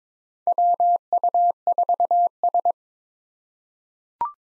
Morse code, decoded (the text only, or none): WU4S